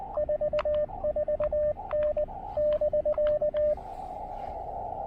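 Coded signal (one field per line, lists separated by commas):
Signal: Morse code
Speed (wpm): 19 wpm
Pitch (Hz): 590 Hz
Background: radio noise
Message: 44N <BK>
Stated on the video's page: Speedy QRP CW park activation using an Elecraft KX2 with AX1 antenna.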